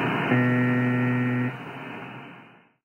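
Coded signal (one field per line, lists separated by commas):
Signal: channel marker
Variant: UVB-76 (The Buzzer)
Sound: one harsh low buzz about a second long over steady radio hiss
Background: radio static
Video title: UVB 76 / UZB 76 The Buzzer - Emulation using Spectrum Lab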